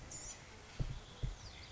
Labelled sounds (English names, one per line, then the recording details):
Blue-gray Gnatcatcher
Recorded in Sonoma County, California